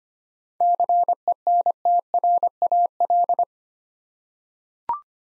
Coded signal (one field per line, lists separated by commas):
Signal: Morse code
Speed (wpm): 25 wpm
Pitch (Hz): 700 Hz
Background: none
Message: CENTRAL